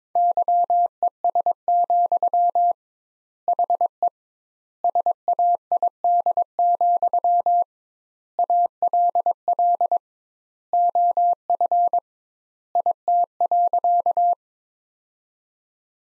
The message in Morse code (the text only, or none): YES, HE SAID, ALL OF IT.